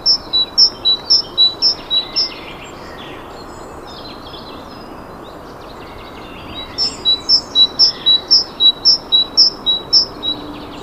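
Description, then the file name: Great tit calling in bright two-note phrases, high then lower, repeated about twice a second in a run of several, a pause, then another similar run. "Parus major"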